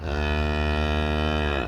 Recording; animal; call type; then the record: contact call of a hoofed animal; cattle; low-frequency (closed-mouth) or high-frequency (open-mouth) call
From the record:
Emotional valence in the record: negative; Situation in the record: full separation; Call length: 1.68 s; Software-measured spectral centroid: 1890 Hz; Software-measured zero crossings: 1470 a second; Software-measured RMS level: -24 dBFS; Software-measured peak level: -12 dBFS